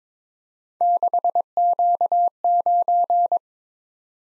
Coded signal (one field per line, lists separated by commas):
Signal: Morse code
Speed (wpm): 22 wpm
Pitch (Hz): 700 Hz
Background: none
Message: 6Q9